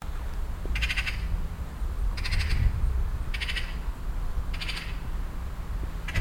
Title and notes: cologne, weiden, rilkestrasse, elster. Refrath. elster in baum in einem garten, laut signal gebend, ein pkw fährt vorbei, das rauschen des windes in den birkenbäumen soundmap nrw